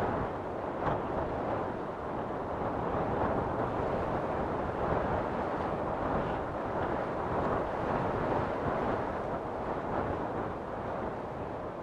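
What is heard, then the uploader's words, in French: Wind moves through the treetops and rustles the leaves in a steady, dense wash of sound. The rushing stays fairly even for the whole stretch, with soft swells and a low rumble underneath, and a brief brighter gust near the first second. Vent qui caresse les sommets des arbres et danse à travers les feuilles. Souffle du Vent.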